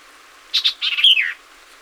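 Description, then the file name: White-eyed Vireo delivering a single short, lively phrase of two crisp chips and a quick tumbling series that closes on a downslurred note. 26 April 2019; seventeen songs. "2019-04-26 White-eyed Vireo 17 Songs"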